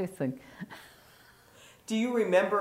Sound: chuckles

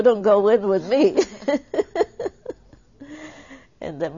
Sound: she laughs

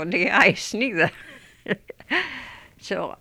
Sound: she laughs

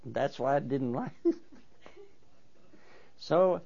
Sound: he laughs

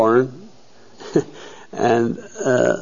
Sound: he laughs

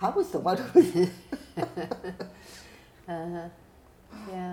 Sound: laughs

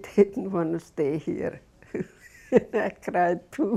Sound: she laughs

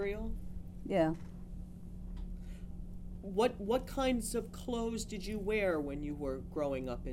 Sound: none

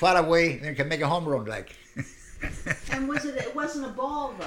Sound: he laughs

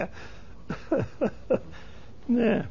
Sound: he laughs

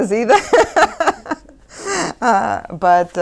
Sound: she laughs heartily

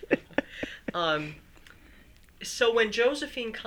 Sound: laughs

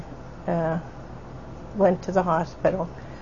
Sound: none

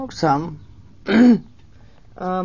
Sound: clears throat

